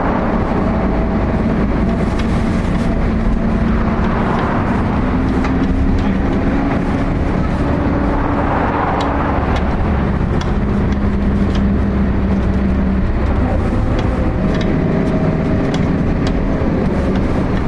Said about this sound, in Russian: Машина выезжает со двора больницы. Машина едет по улице.